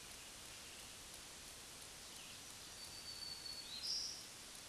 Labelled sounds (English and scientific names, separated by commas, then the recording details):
Black-throated Green Warbler (Setophaga virens) song
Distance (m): 25 m
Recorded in a Pennsylvania forest on 1 June 2023 at 07:58
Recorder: AudioMoth, point grid3_25_low
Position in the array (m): 132 m, 266 m